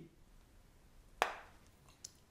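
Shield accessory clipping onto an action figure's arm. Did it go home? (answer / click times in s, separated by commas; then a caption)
yes / 1.2 s. A metal shield accessory is pushed onto the arm of a die-cast HL Pro Metaltech Gon Gon Grendizer action figure, and it snaps into place with a sharp click at 1.2 s; it takes some force. Two fainter ticks follow near 1.9 and 2.1 s, and the shield ends up seated on the arm.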